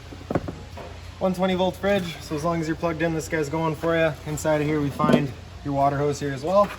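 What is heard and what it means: The two magnetic latches on an exterior storage compartment door of a 2022 Wildwood 28VBXL travel trailer are released, popping open with sharp clicks at 0.3 s and 0.4 s. Someone then talks for the rest of the clip as the compartment stands open.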